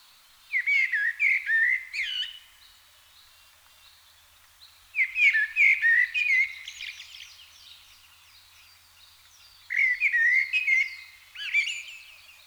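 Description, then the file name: Blackbird singing three separate fluted phrases about five seconds apart, each low warble followed by a rapid burst of thin, high chittering notes. "Turdus merula"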